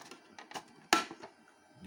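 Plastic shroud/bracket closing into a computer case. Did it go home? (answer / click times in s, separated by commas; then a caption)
yes / 0.9 s. A plastic part, likely an airflow shroud or bracket, is closed inside a Socket 7 PC case, with faint taps and rustles before a sharp hit at 0.9 s. The part locks in place, though it blocks the airflow.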